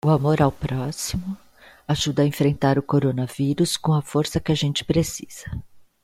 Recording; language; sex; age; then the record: spoken sentence; Brazilian Portuguese; female; 50 to 59 years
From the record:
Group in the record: control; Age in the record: 57 years